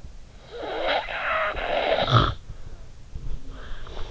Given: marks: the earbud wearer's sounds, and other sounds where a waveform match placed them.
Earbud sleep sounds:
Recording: sounds in sleep by an in-ear microphone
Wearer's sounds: snoring breath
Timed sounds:
0.32-2.66 s: snoring breath

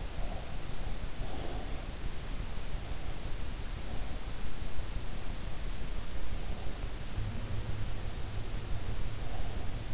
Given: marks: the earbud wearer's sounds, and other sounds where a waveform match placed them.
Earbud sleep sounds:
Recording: sounds in sleep by an in-ear microphone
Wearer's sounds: breath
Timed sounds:
0.00-1.79 s: breath

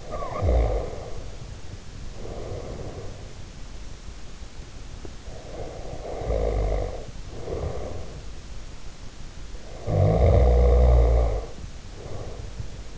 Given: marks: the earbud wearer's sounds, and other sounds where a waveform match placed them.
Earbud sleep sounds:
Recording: sounds in sleep by an in-ear microphone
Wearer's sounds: snoring breath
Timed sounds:
0.00-3.57 s: snoring breath
5.19-8.44 s: snoring breath
9.68-12.98 s: snoring breath

